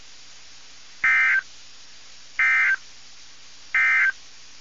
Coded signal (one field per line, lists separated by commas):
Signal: Emergency Alert System (SAME) tones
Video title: EAS 1728-1732 (4/27 & 4/28/22)